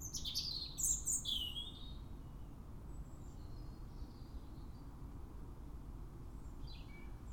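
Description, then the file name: European robin giving a bright, high tinkling phrase at the start, followed by faint, thin sliding notes against constant low-pitched background noise. "Erithacus rubecula"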